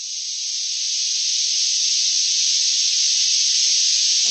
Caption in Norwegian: Tinnitusstøy. Det sånn som du bruker til og med for å kurere tinnitus også. Ja, sånn du kan maskere, for det er en hvit støy.